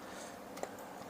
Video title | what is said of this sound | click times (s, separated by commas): Mengganti Gulungan Kipas Angin Cosmos | sudah terkunci Nikita nomor satu warna biru teman-teman mau dan | 0.6 s